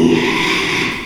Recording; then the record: squeal of a Yucatan mini pig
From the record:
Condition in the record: after surgery on the right vocal fold (resection and tissue-engineered implant); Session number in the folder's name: 1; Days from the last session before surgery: 6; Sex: male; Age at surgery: 12 weeks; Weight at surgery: 13 kg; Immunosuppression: cyclosporine, prednisolone